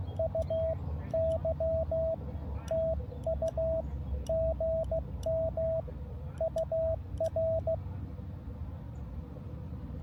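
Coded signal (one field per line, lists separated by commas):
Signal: Morse code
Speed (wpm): 15 wpm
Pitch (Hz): 650 Hz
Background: none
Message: UY TU GM UR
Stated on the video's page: Park activation where conditions prevented contacts.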